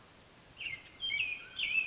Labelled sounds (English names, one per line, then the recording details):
Mountain Quail
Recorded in Sonoma County, California